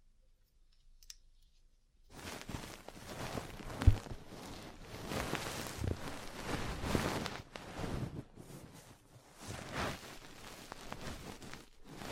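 Ear cleaning and massage sounds begin after about two seconds of near silence, then continue as a dense, scratchy rustling that swells and fades unevenly. A sharp tap lands near four seconds, and softer brushing surges recur through the rest.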